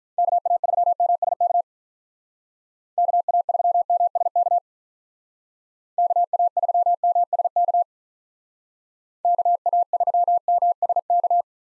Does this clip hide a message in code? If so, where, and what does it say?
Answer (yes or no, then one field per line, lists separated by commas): yes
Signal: Morse code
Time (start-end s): 0.2-11.4 s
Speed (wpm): 47 wpm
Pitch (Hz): 700 Hz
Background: none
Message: KA3MSK KA3MSK KA3MSK KA3MSK